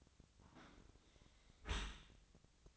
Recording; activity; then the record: daily activity, microphone in the room; close dishwasher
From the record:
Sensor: 3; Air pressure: 1003.1 hPa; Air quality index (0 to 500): 196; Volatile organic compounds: 6 ppm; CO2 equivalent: 1914 ppm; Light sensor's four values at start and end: 20/49/21/22 and 20/49/21/22